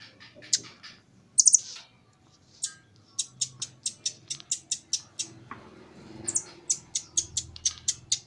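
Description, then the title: Small bird giving a few scattered high notes, then a long, steady series of thin high ticks. "Burung Kecil"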